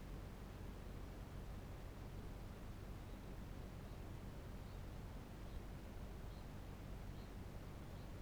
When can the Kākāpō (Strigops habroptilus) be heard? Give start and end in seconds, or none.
2.91-8.21